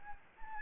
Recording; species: mosquito wingbeat signal from an infrared sensor; Anopheles gambiae